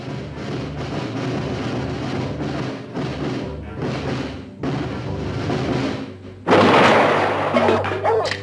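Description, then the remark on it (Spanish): A single loud blast from a shotgun kept loaded for use against hawks bursts out after several seconds of muffled, busy background sound, its harsh roar lingering and slowly fading over the final couple of seconds. “Jeff mantenía esta escopeta cargada para usarla contra los gavilanes.”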